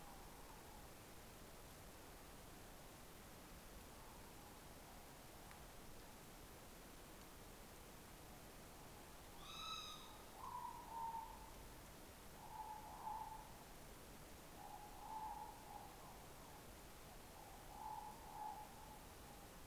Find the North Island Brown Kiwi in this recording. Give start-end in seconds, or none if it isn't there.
none